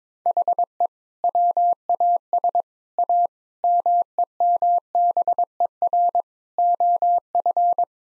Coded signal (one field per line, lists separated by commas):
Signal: Morse code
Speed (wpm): 21 wpm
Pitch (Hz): 700 Hz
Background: none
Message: HE WAS A MEMBER OF